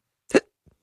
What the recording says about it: I've got the hiccup. Sorry, I've got the hiccups.